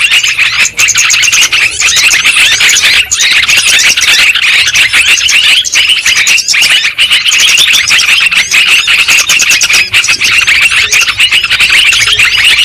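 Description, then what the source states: Lovebirds producing a constant, shrill squealing chatter, countless high chirps blending into one loud flock noise. Lure sound used for trapping birds.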